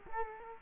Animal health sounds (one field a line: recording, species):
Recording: mosquito wingbeat signal from an infrared sensor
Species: Culex quinquefasciatus